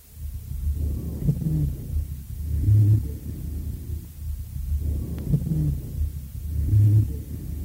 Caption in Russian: По мере разрешения приступа увеличивается количество выделяемой с кашлем мокроты, которая начинает смещаться из мелких бронхов в более крупные. Благодаря этому на фоне жесткого дыхания и уменьшающегося количества сухих свистящих хрипов над легкими начинают выслушиваться сухие басовые, гудящие или жужжащие хрипы.